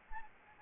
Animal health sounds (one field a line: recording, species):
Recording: mosquito wingbeat signal from an infrared sensor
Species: Anopheles arabiensis